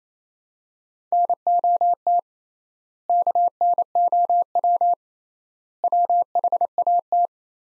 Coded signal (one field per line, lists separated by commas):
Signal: Morse code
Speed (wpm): 28 wpm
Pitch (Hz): 700 Hz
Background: none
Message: NOT KNOW WHAT